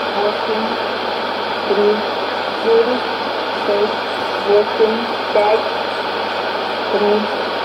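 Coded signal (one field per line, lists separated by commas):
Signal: numbers station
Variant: S06s, Russian female voice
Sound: faint female voice reading short evenly spaced words through heavy shortwave noise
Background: radio static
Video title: 21 04 2020 S06s Russian Lady numbers station in Russian to Eu 0704 on 5760 unknown tx site USB+AM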